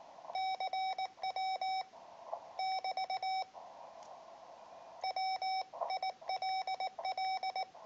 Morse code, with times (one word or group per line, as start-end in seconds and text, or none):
0.4-1.8 CW
2.6-3.4 <BT>
5.0-7.6 WILL